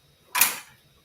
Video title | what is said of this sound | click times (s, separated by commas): The AllBrands Show - Brother PR Multineedle Embroidery Machines with Alexis Galloway | there we go all right and we're on we're we're popped into place those same roller balls that were over here we matched them up and we're hooped | 0.4 s